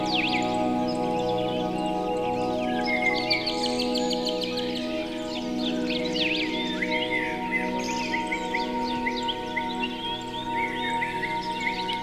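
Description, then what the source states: Bird song, many quick chirps, trills and downslurred notes from several birds, with a continuous droning musical backing throughout. Birdsong mixed with music.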